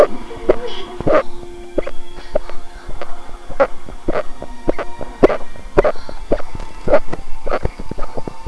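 Rapid run of sharp, abrupt gulping hiccups, about 100 a minute, irregularly spaced, in an adult.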